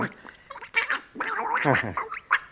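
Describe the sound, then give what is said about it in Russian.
A person imitates a frog with their voice on a radio programme, making a string of throaty, gargling croaks and warbles in uneven bursts, moderately loud, with no other talking. “Лягушка говорит, что хвост она потеряла еще в детстве и совсем об этом не жалеет, и что ей уже 12 лет.”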